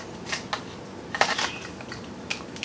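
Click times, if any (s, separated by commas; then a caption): none. A plastic clip extender for a dual-battery mod is handled and pressed toward the body of a switched-off DJI Mavic Pro, Mavic 2 Pro or Spark drone. Short, sharp plastic ticks and rustling contact sounds are heard, with the strongest hit around 1.2 s. Nothing has seated or clicked yet.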